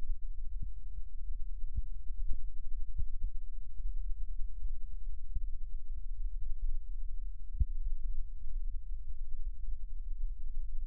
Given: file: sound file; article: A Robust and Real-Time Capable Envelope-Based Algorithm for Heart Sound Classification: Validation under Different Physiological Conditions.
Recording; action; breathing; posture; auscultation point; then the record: heart sounds by electronic stethoscope; rest; normal; sitting; left side of the back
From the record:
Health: healthy, no known heart disease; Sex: male